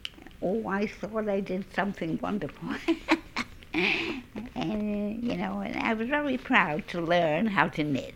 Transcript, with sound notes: Oh, I thought I did something wonderful. ( she laughs ) And, you know, I was very proud to learn how to knit.